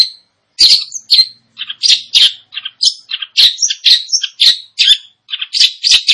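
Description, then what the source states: Long-tailed shrike song: a dense, jumbled stream of harsh, scratchy and chirping notes in quick varied phrases, with only short pauses. Described as gacor, singing actively and profusely.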